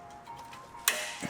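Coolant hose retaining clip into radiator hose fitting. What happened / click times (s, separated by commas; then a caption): The hose retaining clip snapped into place / 0.9 s. A retaining clip is pushed back into a coolant hose fitting on a CSF radiator hose for a B58 engine (M340i, A90 Supra). A faint steady hum and light rustling lead up to a sharp, bright click at 0.9 s, followed by a softer knock around 1.2 s. The clip is confirmed seated.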